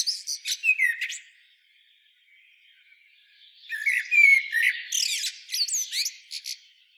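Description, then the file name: Common blackbird with a short squeaky burst, then a quiet stretch. A longer, louder run of twittering notes and rising whistled slurs follows. "Turdus merula"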